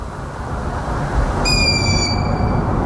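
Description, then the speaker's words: Long-eared Owl begging call, a single drawn-out, high, squeaky note with strong harmonics lasting about a second, over steady low rumbling background noise. Listener's recording sent by e-mail and replayed; probably a young bird from a late brood; sounds somewhat different and entirely monotone, more insistent, like asking for food. "Det är säkert hornuggla, men den låter lite annorlunda."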